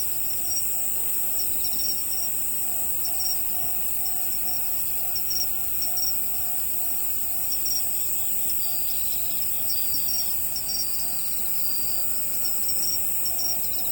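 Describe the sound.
Crickets chirping: a steady high-pitched shimmering drone with rapid pulsed trills repeating throughout, over a faint constant lower hum.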